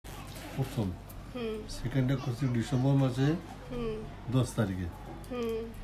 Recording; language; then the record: elicited speech; Bengali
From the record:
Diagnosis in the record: Broca's or global aphasia after a stroke